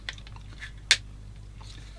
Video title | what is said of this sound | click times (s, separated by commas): DASWERK 1/35 SCHWUMMWAGEN TRIPPEL SG 6 -38 UPDATE 3 | and it's clicked in again | 0.9 s